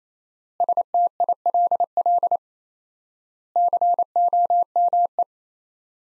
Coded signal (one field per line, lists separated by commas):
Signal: Morse code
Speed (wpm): 27 wpm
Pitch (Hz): 700 Hz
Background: none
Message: STILL COME